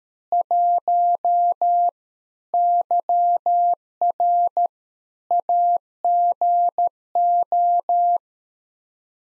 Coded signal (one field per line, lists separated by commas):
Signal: Morse code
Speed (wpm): 13 wpm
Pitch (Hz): 700 Hz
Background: none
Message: 1 YR AGO